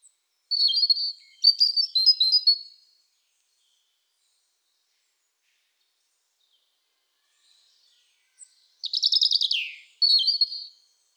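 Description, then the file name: European robin song in short bursts of high twittering notes, a long silent gap, then a falling phrase and a final bright twitter. "Erithacus rubecula"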